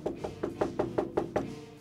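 knocking on a door

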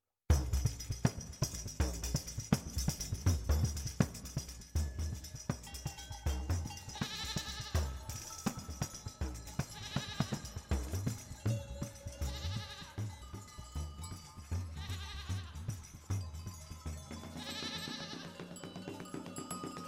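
sheep and goats bleating

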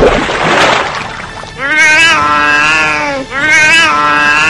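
cat meowing

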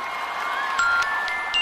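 audience applause

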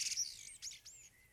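common blackbird singing

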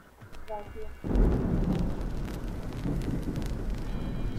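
thunder and rain

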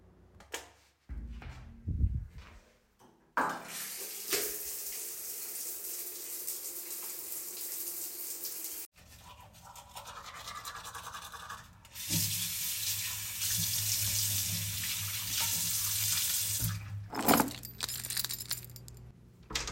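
running water

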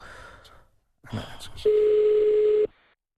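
telephone dialing tones

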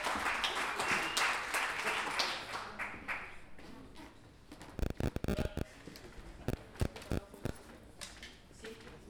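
audience applause

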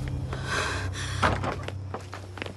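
door opening

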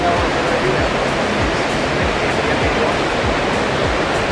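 rushing water

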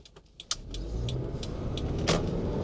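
car

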